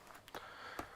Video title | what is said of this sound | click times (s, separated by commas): 2022 Renegade Veracruz 30VRM | Just 4 snaps, really easy to put on. | 0.3 s, 0.4 s, 0.8 s